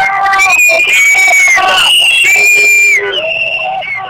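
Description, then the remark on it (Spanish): A large crowd erupts in loud, sustained shouting, many high-pitched voices overlapping into one continuous roar of cries and screams that barely lets up for four seconds. “No, ahora empiezan a gritar.”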